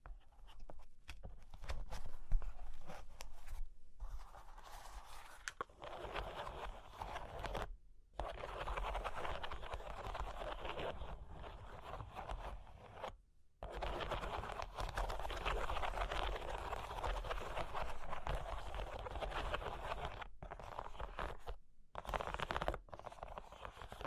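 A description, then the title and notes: Dry scratching and tracing on cork and wood, with a few light taps near the start. The rubbing comes in long continuous strokes broken by brief silences around 4, 8, 13 and 22 seconds. ASMR Sleepy Cork and Wood Tapping, Scratching, Tracing (No Talking).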